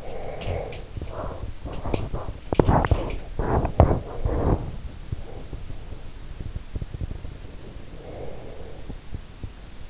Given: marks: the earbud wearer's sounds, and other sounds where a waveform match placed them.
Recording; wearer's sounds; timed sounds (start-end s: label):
sounds in sleep by an in-ear microphone; breath, teeth grinding
0.00-0.79 s: breath
0.87-5.14 s: teeth grinding